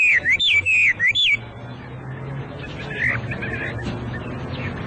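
Hwamei song: a short burst of clear looping whistles for about a second, then a quieter stretch with faint notes and low background hum.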